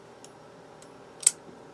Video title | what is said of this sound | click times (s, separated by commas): Disassemble and discuss the Sitivien ST129 | and that little click tells me i got it in place | 1.3 s